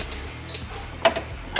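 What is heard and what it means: Plastic bumper clips on a Mercury car release as the plastic bumper edge and its bracket are pulled off the fender, with sharp pops at 1.1 and 1.6 seconds over a low steady background. The pops sound like breaking tabs, but none of the tabs broke.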